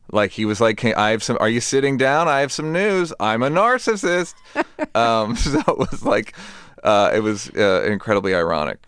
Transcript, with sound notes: Like, he was like, - I have some - are you sitting down? I have some news. I'm a narcissist. (LAUGHTER) So it was like - it was incredibly ironic.